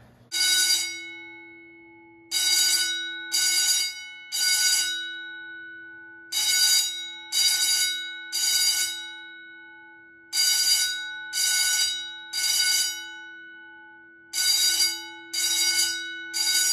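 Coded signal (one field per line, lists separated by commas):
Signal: alarm pattern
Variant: vibrating fire bell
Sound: electric bell rings in bursts of three, pausing about a second, repeating several times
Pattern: temporal three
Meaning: Temporal-3 signal calling for building evacuation due to fire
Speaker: all right that was the 439d on temporal 3.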